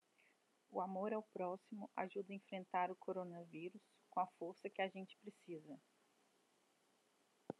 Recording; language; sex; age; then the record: spoken sentence; Brazilian Portuguese; female; 30 to 39 years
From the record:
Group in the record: control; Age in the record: 33 years